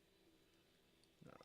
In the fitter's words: Snap into place and hold right there.